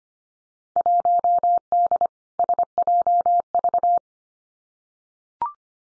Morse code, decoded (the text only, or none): 1D SJV